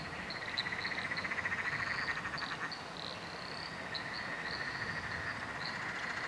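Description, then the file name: Overlapping frog calls form a steady chorus of fast pulsed notes, with clicky high chirps and drawn-out higher notes scattered across it. Frog chorus recorded at night under a bridge in Royal National Park. "nocturnal frog chorus under a bridge royal national park"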